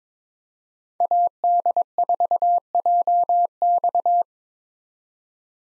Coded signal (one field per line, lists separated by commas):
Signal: Morse code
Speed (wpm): 21 wpm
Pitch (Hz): 700 Hz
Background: none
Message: AD4JX